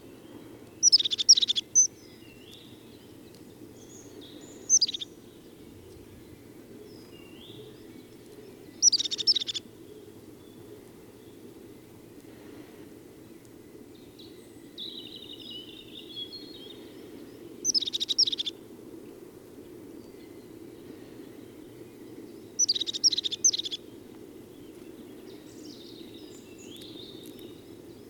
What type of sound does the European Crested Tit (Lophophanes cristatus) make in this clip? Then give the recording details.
song. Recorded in the wild. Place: Schorfheide, Brandenburg, DE. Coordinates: 52.907, 13.531. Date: 1989-04-16. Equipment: Nagra III BH, Sennheiser MD 21, parabola. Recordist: Schubert, Michael. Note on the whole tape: Gesang Haubenmeise